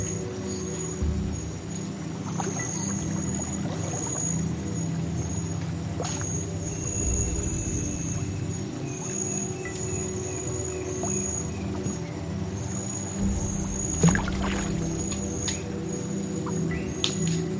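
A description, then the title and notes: Jungle swamp ambience of a constant high insect whine over a steady low droning hum, with faint calls mid-clip and occasional sharp knocks. Jungle swamp ambience.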